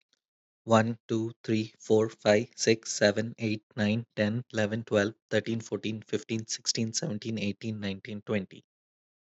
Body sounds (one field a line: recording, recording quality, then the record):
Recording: counting at a fast pace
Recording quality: excellent, no background noise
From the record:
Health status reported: healthy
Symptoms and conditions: none ticked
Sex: male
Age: 33 years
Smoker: not ticked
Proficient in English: yes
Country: United States